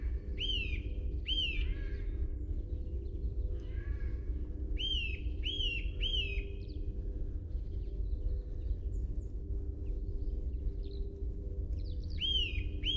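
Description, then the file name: Eurasian nuthatch, repeated loud whistled call notes in short bursts of two or three, with faint softer chirps between and a continuous low-frequency rumble. "Sitta europaea"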